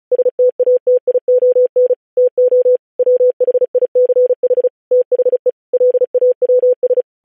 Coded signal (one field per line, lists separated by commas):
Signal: Morse code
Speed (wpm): 36 wpm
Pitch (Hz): 500 Hz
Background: none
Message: STATION TO WHICH THE LAWS